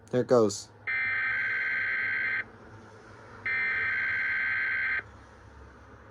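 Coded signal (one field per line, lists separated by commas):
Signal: Emergency Alert System (SAME) tones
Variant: header bursts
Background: speech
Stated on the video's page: EAS test from KDKA plus relayed alerts.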